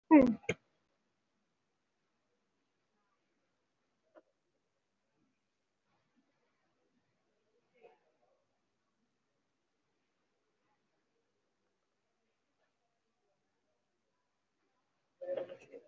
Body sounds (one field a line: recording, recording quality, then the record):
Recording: shallow breathing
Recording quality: poor, much background noise or distortion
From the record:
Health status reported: COVID-19 positive, mild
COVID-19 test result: positive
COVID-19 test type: RT-PCR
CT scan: taken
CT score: 2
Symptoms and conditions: sore throat, fatigue, muscle pain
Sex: female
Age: 64 years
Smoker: no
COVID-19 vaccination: both doses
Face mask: worn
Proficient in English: yes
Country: India